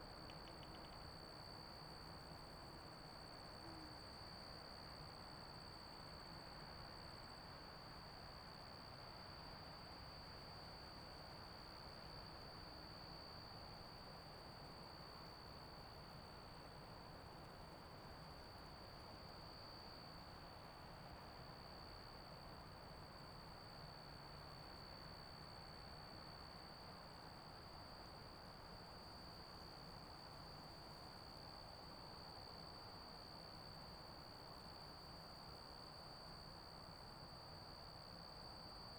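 Crickets and grasshoppers fill a meadow with one unbroken, high, thin trill that holds steady for the whole stretch, with a fainter shimmer above it. Beneath, wind makes a dense, low, rustling roar that stays even throughout, with no distinct events.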